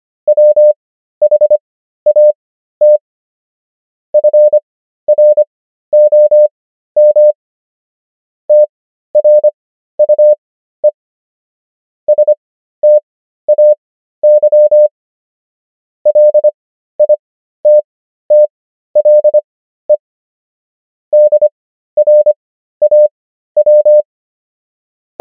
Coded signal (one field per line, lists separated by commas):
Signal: Morse code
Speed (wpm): 25 wpm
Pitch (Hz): 600 Hz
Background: none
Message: WHAT FROM TRUE STAY LITTLE DRAW